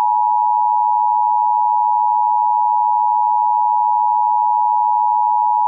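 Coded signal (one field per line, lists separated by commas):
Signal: Emergency Alert System (SAME) tones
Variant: 853 and 960 Hz attention tone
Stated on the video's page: Fictional EAS scenario using valid EAS tones.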